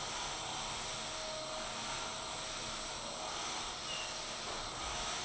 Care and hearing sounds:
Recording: daily activity, microphone in the room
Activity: vacuum cleaning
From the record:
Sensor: 5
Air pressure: 999.4 hPa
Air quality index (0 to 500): 226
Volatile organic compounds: 23 ppm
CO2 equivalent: 2768 ppm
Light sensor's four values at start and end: 34/79/31/30 and 34/79/31/30

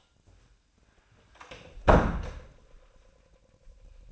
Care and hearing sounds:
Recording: daily activity, microphone in the room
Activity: close door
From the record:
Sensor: 2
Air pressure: 1008.9 hPa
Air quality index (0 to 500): 179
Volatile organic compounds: 2 ppm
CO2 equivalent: 1303 ppm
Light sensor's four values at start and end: 34/90/38/41 and 34/89/38/41

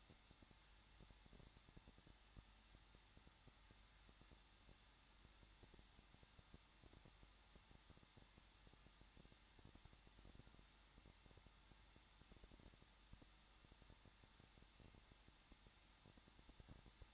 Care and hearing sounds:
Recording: daily activity, microphone in the room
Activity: no activity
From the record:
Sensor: 3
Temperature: 21.2 degrees Celsius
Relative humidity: 36.4%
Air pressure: 1006.4 hPa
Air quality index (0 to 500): 223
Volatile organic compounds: 43 ppm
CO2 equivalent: 3194 ppm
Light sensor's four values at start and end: 2/3/2/2 and 2/3/2/2

